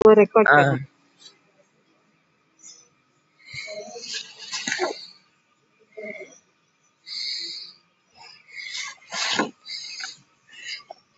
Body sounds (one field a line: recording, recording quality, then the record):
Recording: shallow breathing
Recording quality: moderate, slight background noise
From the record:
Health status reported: COVID-19 positive, mild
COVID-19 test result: positive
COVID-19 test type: RT-PCR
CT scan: not taken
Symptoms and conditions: cough, cold, fatigue, muscle pain, hypertension, diabetes, another condition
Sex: female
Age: 72 years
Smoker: no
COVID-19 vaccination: both doses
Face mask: not worn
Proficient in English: yes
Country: India